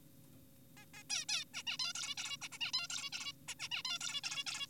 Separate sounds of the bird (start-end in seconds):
0.77-0.86, 0.94-1.03, 1.10-1.25, 1.29-1.44, 1.54-1.63, 1.67-1.78, 1.80-1.93, 1.95-2.15, 2.18-2.37, 2.42-2.48, 2.52-2.58, 2.61-2.72, 2.74-2.88, 2.90-3.10, 3.13-3.32, 3.48-3.55, 3.60-3.68, 3.72-3.82, 3.85-3.99, 4.01-4.21, 4.24-4.44, 4.47-4.67